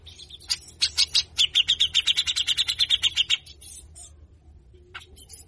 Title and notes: MASTERAN CUCAK JENGGOT GACOR FULL BESETAN KASAR DURASI PANJANG !!!. Jenggot Bahan Cepat Gacor hanya Dengar Besetanya. Burung cucak jenggot